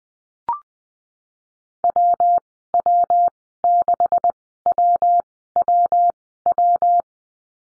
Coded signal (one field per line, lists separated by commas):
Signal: Morse code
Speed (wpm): 20 wpm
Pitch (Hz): 700 Hz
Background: none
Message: WW6WWW